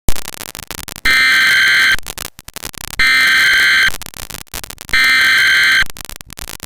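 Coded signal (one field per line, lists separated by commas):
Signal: Emergency Alert System (SAME) tones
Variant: header bursts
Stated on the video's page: Fictional EAS scenario; opening audio from Connecticut public television.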